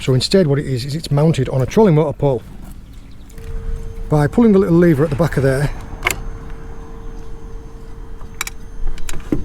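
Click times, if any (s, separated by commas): none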